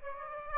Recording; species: mosquito wingbeat signal from an infrared sensor; Aedes aegypti